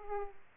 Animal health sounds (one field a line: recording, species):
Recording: mosquito wingbeat signal from an infrared sensor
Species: Aedes aegypti